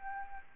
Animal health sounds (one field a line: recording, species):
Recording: mosquito wingbeat signal from an infrared sensor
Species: Aedes albopictus